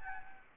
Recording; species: mosquito wingbeat signal from an infrared sensor; Anopheles gambiae